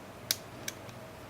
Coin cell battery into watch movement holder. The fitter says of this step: and it just slides right in and watch it all just knock and it'll just lock into place